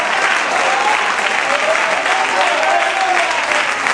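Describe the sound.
A church audience applauds during a sermon in a steady, dense wash of clapping that stays loud and even for the whole stretch, with faint voices mixed in underneath.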